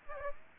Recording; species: mosquito wingbeat signal from an infrared sensor; Aedes aegypti